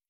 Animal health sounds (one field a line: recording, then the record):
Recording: hydrophone in a shrimp aquaculture tank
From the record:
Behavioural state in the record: feeding